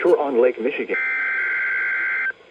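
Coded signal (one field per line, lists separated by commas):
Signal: Emergency Alert System (SAME) tones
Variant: header bursts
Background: speech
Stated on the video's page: Required weekly tests.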